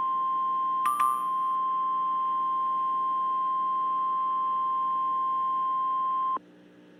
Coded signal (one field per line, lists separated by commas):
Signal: Emergency Alert System (SAME) tones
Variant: 1050 Hz attention tone